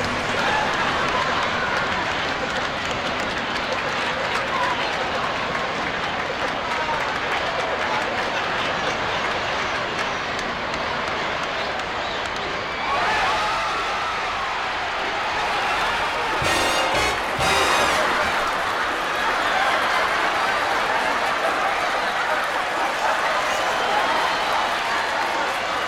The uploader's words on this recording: Laughter in Theatre/Applause in Theatre (1935 Columbia), 78 RPM UK disc.